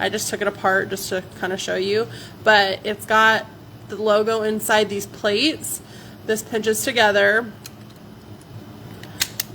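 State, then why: Seated. Someone talks while pinching together the engraved metal logo plates of a handheld metal embosser and pushing the die plate into the embosser's holder. Sharp clicks are heard at 9.2 and 9.4 seconds as the plate snaps into place and seats.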